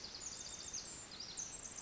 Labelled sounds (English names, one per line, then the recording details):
Pacific Wren
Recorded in Sonoma County, California